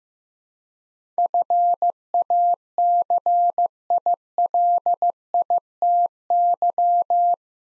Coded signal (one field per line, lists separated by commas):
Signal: Morse code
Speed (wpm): 15 wpm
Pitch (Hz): 700 Hz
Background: none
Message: FACILITY